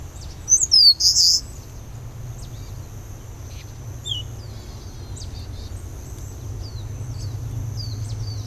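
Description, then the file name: Eastern crowned warbler giving one high phrase of quick thin notes closing with a loud buzzy burst, followed by scattered faint high chips and a low background rumble. "warbler-eastern-crowned -Phylloscopus-coronatus"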